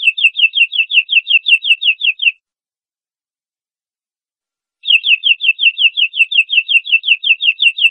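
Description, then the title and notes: Canary song: two bright, fast trills of evenly repeated rolling notes, the first lasting about two seconds and the second over three seconds and running to the end, separated by a silent pause of over two seconds. Training song (masteran) for cage canaries, used as a lure to stimulate birds into singing. "PANCINGAN SUARA MASTERAN KENARI BIKIN BURUNG MAKIN MENGGILA. masteran kicau kenari"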